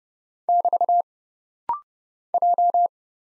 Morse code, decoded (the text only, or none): <BT> J